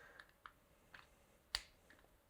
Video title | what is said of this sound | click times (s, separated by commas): Робота з інструментом для коліна Evolution Medial Pivot® | зафіксувався то | 1.6 s